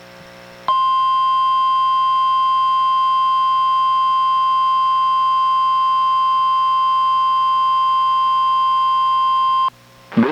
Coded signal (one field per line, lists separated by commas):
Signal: Emergency Alert System (SAME) tones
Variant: 1050 Hz attention tone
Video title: EAS #1054: NWR Required Weekly Test- Feb. 12, 2025- 11:01AM PST